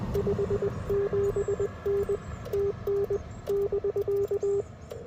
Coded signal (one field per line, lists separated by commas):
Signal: Morse code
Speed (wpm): 20 wpm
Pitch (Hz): 400 Hz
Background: none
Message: 57N TN <BK>